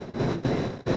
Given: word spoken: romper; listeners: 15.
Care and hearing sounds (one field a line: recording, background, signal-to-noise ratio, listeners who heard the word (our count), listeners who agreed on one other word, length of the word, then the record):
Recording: one Spanish word in noise, from a listening test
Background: noise modulated by one talker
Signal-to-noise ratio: -10.9 dB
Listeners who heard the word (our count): 1 of 15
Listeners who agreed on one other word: 6 of 15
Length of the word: 0.57 s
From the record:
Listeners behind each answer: 6, 1, 1, 1, 1, 1, 1, 1, 1, 1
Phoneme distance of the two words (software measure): 30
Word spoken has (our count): 2 syllables, 6 phonemes, stress on syllable 2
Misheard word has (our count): 2 syllables, 6 phonemes, stress on syllable 2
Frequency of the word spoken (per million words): 30.21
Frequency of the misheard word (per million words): 110.76